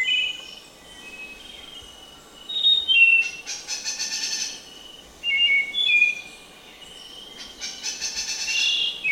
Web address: Natures Songs S America Birds of Ecuador. Spotted Nightingale-Thrush